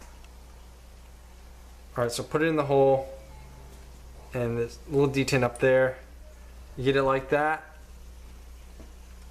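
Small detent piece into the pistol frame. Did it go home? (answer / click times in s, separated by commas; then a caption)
no / none. A small metal detent piece is positioned in an M9 pistol frame and lined up before being pushed home, while someone talks over a steady low hum. Nothing has seated or clicked yet.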